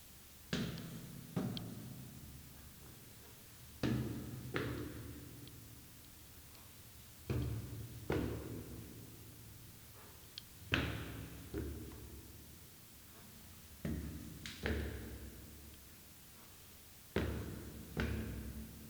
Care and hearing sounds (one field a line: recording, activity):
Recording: daily activity, guitar pickup as the sensor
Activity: go upstairs